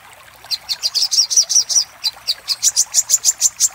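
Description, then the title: Little spiderhunter song: high, sharp chip notes in a fast series; one run, a brief pause, then a second brighter run. Master recording for training cage birds; local name sogok ontong. "Masteran Burung Sogok Ontong Labaik"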